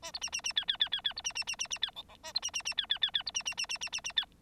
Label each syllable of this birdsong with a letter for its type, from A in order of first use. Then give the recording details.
A B C C C D D D D D B C C C C C D E E A B C C C D D D D B C C C C C C C D. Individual Bird9